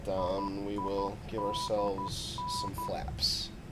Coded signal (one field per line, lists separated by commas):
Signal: Morse code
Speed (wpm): 12 wpm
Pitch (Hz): 990 Hz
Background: speech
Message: IIDN